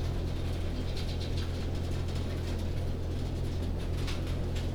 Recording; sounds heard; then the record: poultry house recording; no chicken sound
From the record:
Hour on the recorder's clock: 22